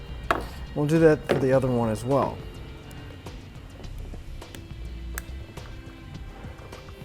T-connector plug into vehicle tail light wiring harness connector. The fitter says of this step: you want to make sure that they lock into place